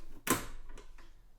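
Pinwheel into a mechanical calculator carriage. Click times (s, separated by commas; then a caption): 0.3 s. A latch on a Facit ESA-0 mechanical calculator is pushed and the pinwheel snaps back into its seat in the calculator carriage with a sharp, bright metallic click at 0.3 s. A few fainter small clicks follow at about 0.7, 0.8 and 1.0 s. The wheel is seated.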